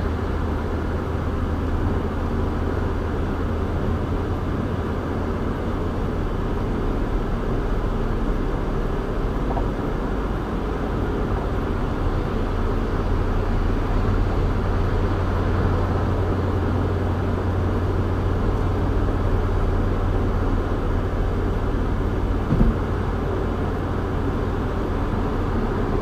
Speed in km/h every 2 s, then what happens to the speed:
101, 105, 106, 106, 108, 109, 113, 116, 111, 111, 111, 109, 109.
0-13 speeds up to 116. 13-26 steady at about 111.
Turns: none.